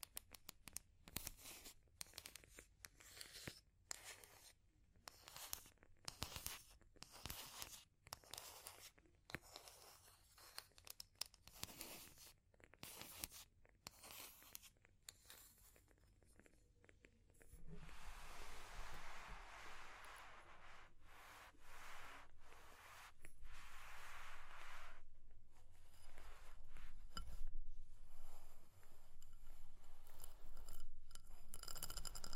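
Fire crackling with sharp, irregular snaps and pops, dense bursts scattered through the first half. Around eighteen seconds a steady, brighter rushing hiss rises and continues, with crackles, taps and scratchy rustles still breaking through until the end.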